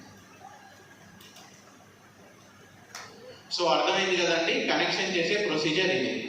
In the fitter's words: రెండు సార్లు టక్ అని సౌండ్ వస్తుంది 100% ఇది కూడా లోపలికి వెళ్ళిపోతుంది సో